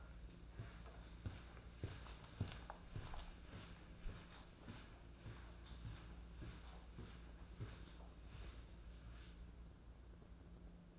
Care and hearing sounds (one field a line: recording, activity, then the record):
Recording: daily activity, microphone in the room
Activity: walk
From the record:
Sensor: 2